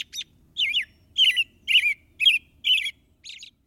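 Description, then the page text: American Robin singing: quick, slurred whistled phrases in a steady series, roughly two each second, with short pauses between them. "BirdNote Daily Podcast - How Long Does a Robin Live?"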